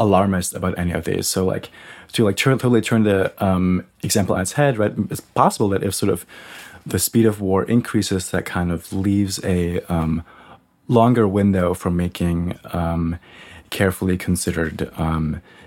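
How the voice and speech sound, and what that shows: Adult male speaker who stutters, talking conversationally; his speech has pauses and unusual speech patterns.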